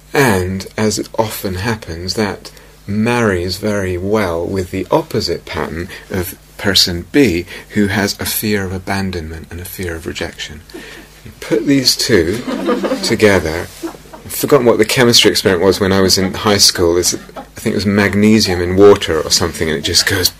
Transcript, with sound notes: And as it often happens, that marries very well with the opposite pattern of Person B, who has a fear of abandonment and a fear of rejection. Put these two together... [laughter] I've forgotten what the chemistry experiment was when I was in high school. I think it was magnesium and water or something, and it just goes...